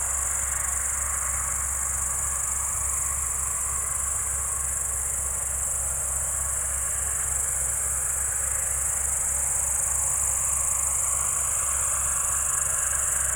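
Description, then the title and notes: Cricket chorus, shrill and constant, with a tractor's low hum underneath. Evening crickets at Spalona Pass, Bystrzyckie Mountains, Poland, 18 July 2024 around 19:00; old tractor mowing grass in the village below audible. "Spalona 6, 57-516, Polska - Spalona Pass - crickets and haymaking. Przełęcz Spalona w Górach Bystrzyckich. wieczorne świerszcze"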